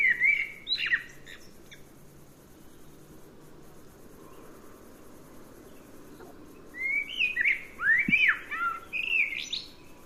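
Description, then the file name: Common blackbird song in two bursts: fluted whistles with a scratchy high ending, a pause of several seconds, then a longer rising and falling warbled phrase. "Turdus merula"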